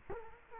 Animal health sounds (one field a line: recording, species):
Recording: mosquito wingbeat signal from an infrared sensor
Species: Culex quinquefasciatus